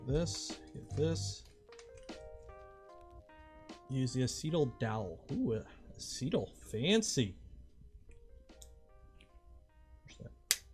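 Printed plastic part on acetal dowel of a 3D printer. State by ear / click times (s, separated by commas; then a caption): seated / 10.5 s. A printed plastic part is pressed onto an acetal dowel while building a VORON 1.0 3D printer, as someone talks over background music. One loud, sharp snap at 10.5 seconds shows the part has seated on the dowel.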